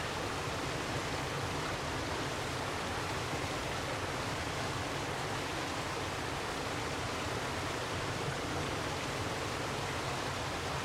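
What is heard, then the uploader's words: Water rushes steadily through a creek in sandstone country, a dense, unbroken wash of sound that holds the same level for the whole stretch. The roar is full and hissing, with a low churning rumble underneath and no separate events standing out. Cougar Canyon Creek. At Cougar Canyon in Vancouver, Washington. It features the manifold sounds of water moving through a unique sandstone landscape.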